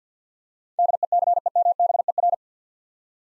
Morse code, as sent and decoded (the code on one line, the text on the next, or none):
-.. . -.-. . -- -... . .-.
DECEMBER